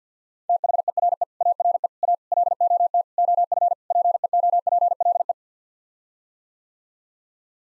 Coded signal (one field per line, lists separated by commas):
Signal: Morse code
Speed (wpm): 50 wpm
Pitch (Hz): 700 Hz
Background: none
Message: THERE ARE A LOT OF PEOPLE